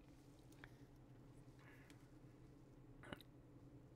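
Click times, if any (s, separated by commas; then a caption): 3.1 s. A tight-fitting plastic part of a 1:48 scale U-boat model is pressed onto the tabs of a submarine hull section. Faint handling taps over a steady low hum lead up to a short, moderate click at 3.1 s as the part seats in place.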